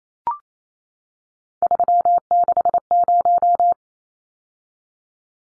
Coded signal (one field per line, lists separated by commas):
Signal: Morse code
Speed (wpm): 28 wpm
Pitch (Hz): 700 Hz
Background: none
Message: 360